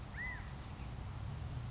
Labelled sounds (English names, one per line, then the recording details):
California Quail
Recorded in Sonoma County, California